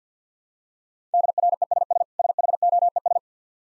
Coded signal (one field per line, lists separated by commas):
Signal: Morse code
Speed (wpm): 45 wpm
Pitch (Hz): 700 Hz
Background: none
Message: DRESS SHOES